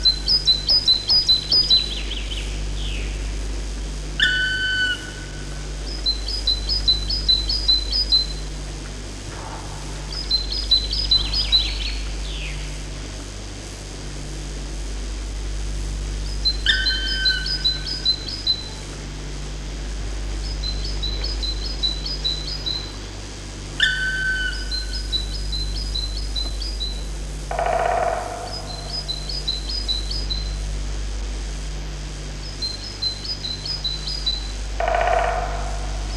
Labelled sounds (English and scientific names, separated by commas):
Black Woodpecker (Dryocopus martius)